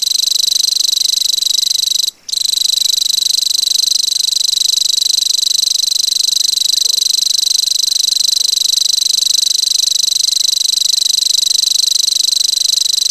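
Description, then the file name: Common grasshopper warbler reeling song, a high, rapid, even trill that stops briefly after about two seconds and then resumes, continuing steadily to the end. "grasshopper warbler omkicau"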